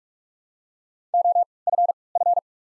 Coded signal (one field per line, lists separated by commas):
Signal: Morse code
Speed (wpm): 46 wpm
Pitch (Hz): 700 Hz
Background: none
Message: O F F